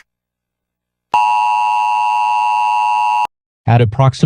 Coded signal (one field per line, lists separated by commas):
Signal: Emergency Alert System (SAME) tones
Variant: 853 and 960 Hz attention tone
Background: speech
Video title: Nuclear War - Nuclear EAS Scenario (EAS Apocalypse Scenario)